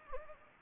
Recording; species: mosquito wingbeat signal from an infrared sensor; Anopheles gambiae